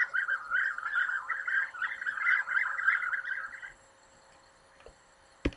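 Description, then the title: European bee-eater calls, a chorus of burry, rippling trills overlapping for almost four seconds, then quiet with a sharp click near the end. "Abejaruco Europeo"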